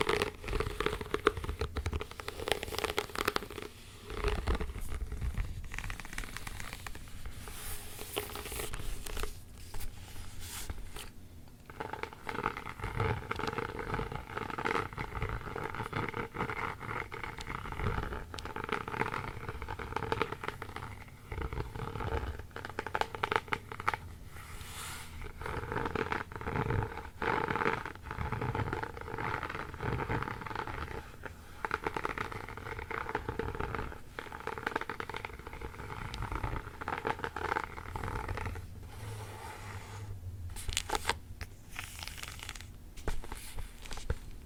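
Dry scratching and scraping on a book's surface fills the whole recording. The strokes come in dense, uneven bursts with brief pauses. Sharper bright scrapes stand out near the start and around 25 and 40 seconds.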